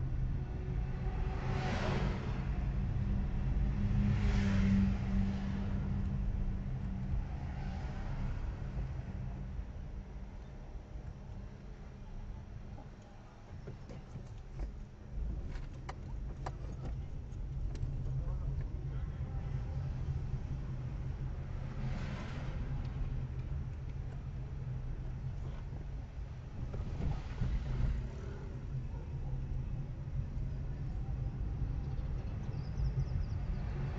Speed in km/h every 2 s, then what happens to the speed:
20, 24, 18, 16, 7, 6, 4, 7, 13, 16, 17, 16, 11, 12, 18, 21, 16.
3-11 slows to 4. 13-17 speeds up to 16. 25-30 speeds up to 21.